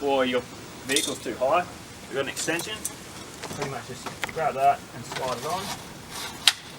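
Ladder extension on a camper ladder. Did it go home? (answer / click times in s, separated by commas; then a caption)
yes / 6.5 s. Someone talks while an extension piece is grabbed and fitted onto a camper ladder. A single loud, sharp click sounds at 6.5 s as the ladder extension clicks into place and seats.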